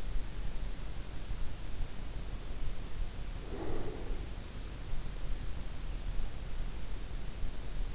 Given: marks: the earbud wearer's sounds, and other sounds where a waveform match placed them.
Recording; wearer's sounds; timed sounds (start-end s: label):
sounds in sleep by an in-ear microphone; breath
3.32-4.42 s: breath